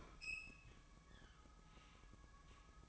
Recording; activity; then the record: daily activity, microphone in the room; open fridge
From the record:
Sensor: 1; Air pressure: 1007.7 hPa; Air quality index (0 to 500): 87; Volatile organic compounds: 1 ppm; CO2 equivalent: 747 ppm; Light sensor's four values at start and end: 13/33/13/15 and 13/33/13/15